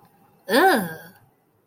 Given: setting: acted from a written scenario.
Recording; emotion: vocal sound without words; disgust